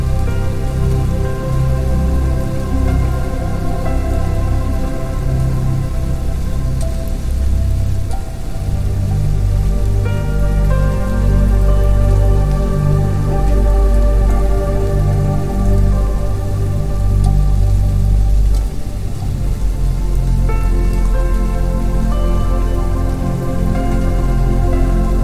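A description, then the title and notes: Gentle rainfall patters steadily under soft, sustained music with low held tones and chords that shift around 8, 10 and 20 seconds. Relaxing Music, Rain & Nature Sounds. The sound of a gentle rain tapping on the leaves above.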